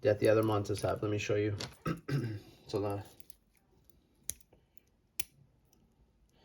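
Someone talks while handling the micro-adjust slider of a metal watch bracelet clasp that seats on ceramic ball bearings, with a few brief sharp ticks near 4.3 s and 5.2 s in the quiet that follows. Nothing has seated or clicked back in yet.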